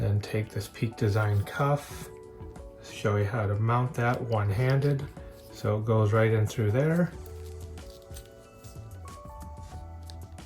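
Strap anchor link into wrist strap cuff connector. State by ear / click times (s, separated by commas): seated / 10.1 s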